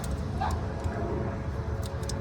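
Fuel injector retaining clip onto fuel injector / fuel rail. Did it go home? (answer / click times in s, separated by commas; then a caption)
no / none. A metal retaining clip is being pushed onto a fuel injector on a fuel rail of a J35 V6 engine during reinstallation. There is a steady low background rumble with a few short faint ticks of handling near the end. Nothing has seated or clicked yet.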